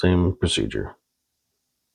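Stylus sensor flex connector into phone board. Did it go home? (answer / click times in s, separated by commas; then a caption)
no / none. Someone talks briefly while a small S Pen stylus sensor flex connector is handled over its phone board socket during an S24 Ultra screen replacement. The connector has not been pressed home yet, so nothing has seated or clicked. After about 1 second the clip falls silent.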